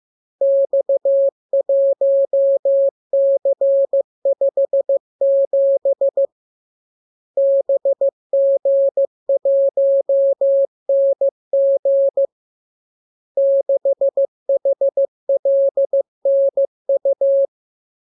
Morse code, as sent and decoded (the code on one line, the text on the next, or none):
-..- .---- -.-. ..... --... / -... --. .---- -. --. / -.... .... .-.. -. ..-
X1C57 BG1NG 6HLNU